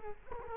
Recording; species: mosquito wingbeat signal from an infrared sensor; Culex quinquefasciatus